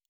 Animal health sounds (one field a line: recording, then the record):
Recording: hydrophone in a shrimp aquaculture tank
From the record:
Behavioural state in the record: normal